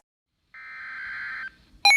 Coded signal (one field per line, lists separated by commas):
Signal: Emergency Alert System (SAME) tones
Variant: header bursts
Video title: TORNADO WARNING EAS#133 For my County